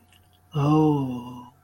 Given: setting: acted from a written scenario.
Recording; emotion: vocal sound without words; ecstasy